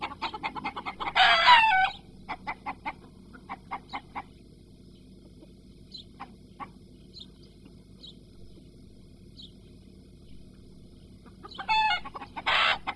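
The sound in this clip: Chicken clucks and squawks: a loud harsh squawk early, then a run of soft clucks thinning to sparse higher notes, and two more loud squawks near the end, over a constant low hum.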